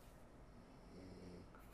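A faint, low, droning snore rises briefly mid-clip over quiet room hiss, with a low tone during a single breath. It is ordinary snoring from an adult asleep in a studio some distance from the microphone, barely audible, just a little.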